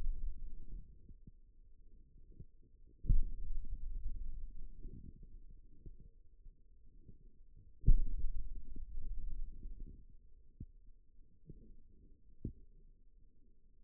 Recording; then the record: forearm muscle sounds (acoustic myography)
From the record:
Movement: finger pinch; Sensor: system 2, bracelet of six BSWA MPA416 microphones around the upper forearm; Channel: 1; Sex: male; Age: 22 years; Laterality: right